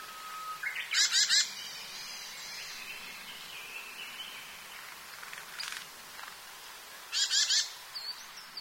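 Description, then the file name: Japanese tit giving two harsh, buzzy rattling bursts, about six seconds apart, with faint thin whistled notes between them and a soft steady background hiss. "shijukara"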